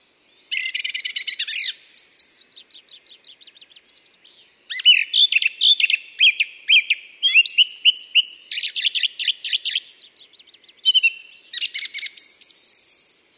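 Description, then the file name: Song thrush song, a run of varied loud phrases: rapid chattering notes, whistled slurs and sharp repeated notes, each phrase often given two or three times. "ABC des chants doiseaux La grive musicienne"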